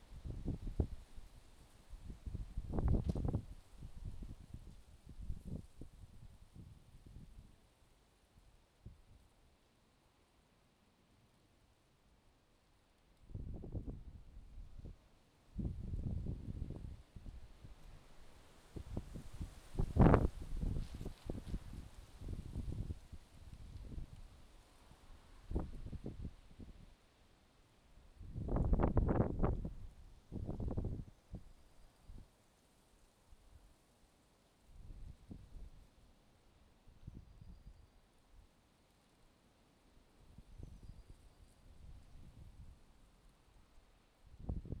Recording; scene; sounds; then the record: everyday scene through a hearing-aid microphone; wind on the microphone; wind, traffic, birds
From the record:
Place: suburban garden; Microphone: in the ear canal, left